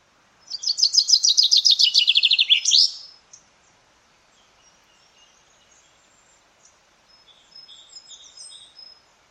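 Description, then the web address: Common chaffinch song: a loud, rapid series of descending trills about two and a half seconds long, ending in a sharp flourish, followed by faint high chirps. "Deverinetal"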